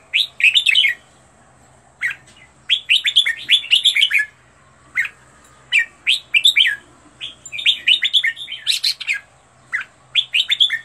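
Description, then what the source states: Red-whiskered bulbul song: short, lilting phrases of bright whistled notes repeated every second or two, with quiet gaps between them. Made for training bulbuls to sing, presenting 15 standard song styles.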